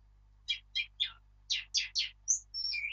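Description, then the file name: Eurasian blackcap song: a few separate chattering notes, then a run of similar notes ending in clear, fluty whistled notes. "Sylvia atricapilla"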